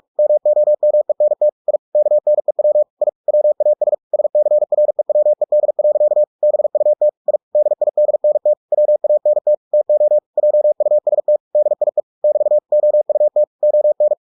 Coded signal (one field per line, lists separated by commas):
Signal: Morse code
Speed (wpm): 46 wpm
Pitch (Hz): 600 Hz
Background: none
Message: MOMENT I KNEW I WAS SCREWED. BUT I DIDNT WANT TO JUST DIE <BT> OUT ON